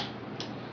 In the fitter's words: once you put the magazine in here it has that nice little click